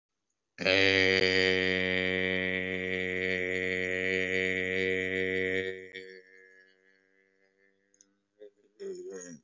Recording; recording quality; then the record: sustained vowel as in made; excellent, no background noise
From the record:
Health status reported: COVID-19 positive, no symptoms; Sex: male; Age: 28 years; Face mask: not worn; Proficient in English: no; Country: India